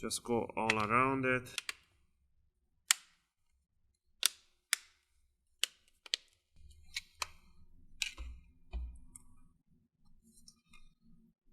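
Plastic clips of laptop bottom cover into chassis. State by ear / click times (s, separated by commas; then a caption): seated / 2.9 s, 4.3 s, 4.7 s, 5.6 s, 6.1 s, 8.0 s. Someone talks as they press around the edge of the plastic bottom cover of a Toshiba Satellite C50d laptop to snap its clips into the chassis. Sharp clicks sound at 2.9, 4.3, 4.7, 5.6, 6.1 and 8.0 seconds, followed by softer handling noise. The cover clips are seated all around the edge.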